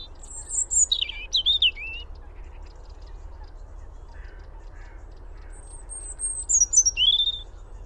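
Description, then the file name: European robin, two bursts of thin, high whistled and trilled phrases sliding up and down, separated by a long pause, over a low steady rumble. "Erithacus rubecula"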